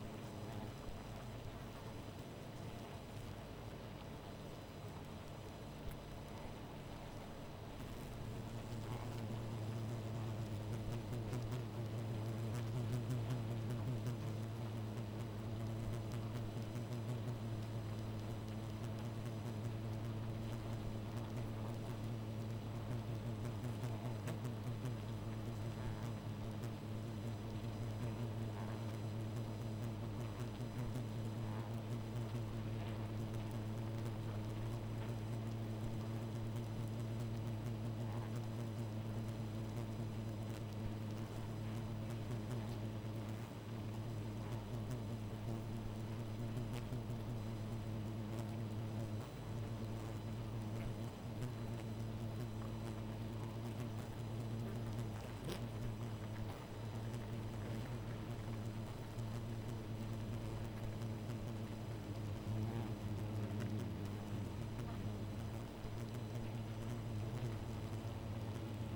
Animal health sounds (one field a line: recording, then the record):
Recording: honeybee colony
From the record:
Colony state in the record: missing queen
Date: 14 July 2017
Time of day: 2:45